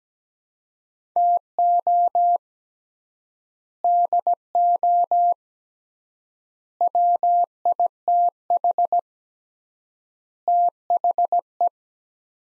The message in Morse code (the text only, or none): TO DO WITH THE